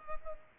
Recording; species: mosquito wingbeat signal from an infrared sensor; Culex pipiens